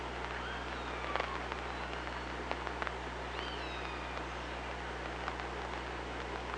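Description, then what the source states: Killer whale calls: a few gliding, bent tones, the clearest sweeping up and then falling in the middle, over constant underwater hiss and occasional clicks. Underwater hydrophone recording from OrcaLab, 24 August 2017, at 06:00.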